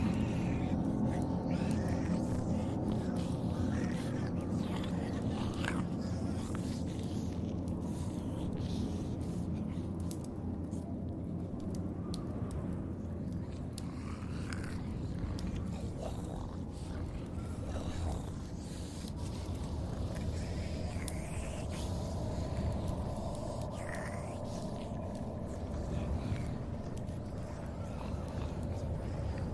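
Zombie apocalypse ambience: a thick, steady low rumble runs throughout, with a droning engine-like hum underneath. Wet crunches and clicks scatter across the whole clip, and short groaning, voice-like moans rise out of it now and then, around six, eighteen and twenty-four seconds.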